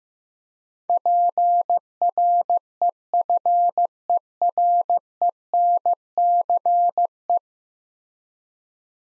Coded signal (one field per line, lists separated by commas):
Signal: Morse code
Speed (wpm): 15 wpm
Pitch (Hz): 700 Hz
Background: none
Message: PREFERENCE